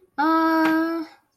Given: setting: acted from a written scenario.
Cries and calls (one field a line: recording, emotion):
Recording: vocal sound without words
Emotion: neutral